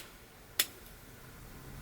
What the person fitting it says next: Perfect. Now you should hear the lens unseating like that.